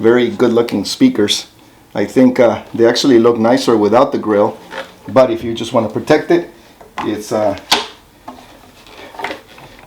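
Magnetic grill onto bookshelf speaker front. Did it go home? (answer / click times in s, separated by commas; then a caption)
yes / 9.2 s. A magnetic cloth grill is put back onto the front of a bookshelf speaker while someone talks. It snaps into place with a short, sharp hit at 9.3 s, held on by magnets. A couple of fainter taps are heard around it.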